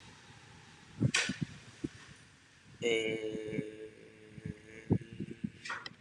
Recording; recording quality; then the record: sustained vowel as in beet; moderate, slight background noise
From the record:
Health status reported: recovered from COVID-19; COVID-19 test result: negative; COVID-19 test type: rapid antigen test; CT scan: not taken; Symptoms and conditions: none ticked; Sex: male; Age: 21 years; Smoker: no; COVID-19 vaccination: both doses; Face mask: worn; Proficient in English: yes